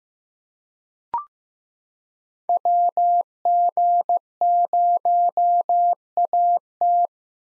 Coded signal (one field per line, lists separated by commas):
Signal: Morse code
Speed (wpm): 15 wpm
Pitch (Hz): 700 Hz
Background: none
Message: WG0AT